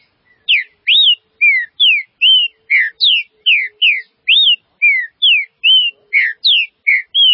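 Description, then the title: Green-winged saltator song, a continuous sequence of loud sweet whistles, each note sliding up or down, roughly two per second. "Trinca Ferro"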